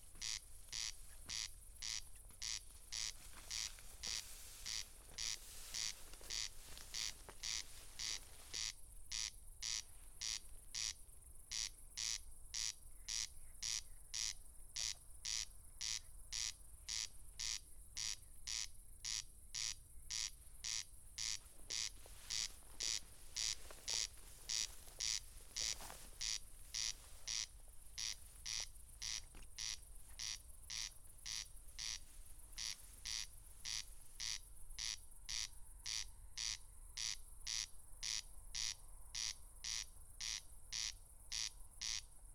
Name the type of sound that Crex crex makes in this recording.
song